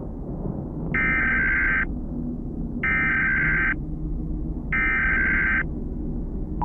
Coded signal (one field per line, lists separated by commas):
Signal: Emergency Alert System (SAME) tones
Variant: header bursts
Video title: Emergency Alert System (EAS) Broadcast - The Florpus Incident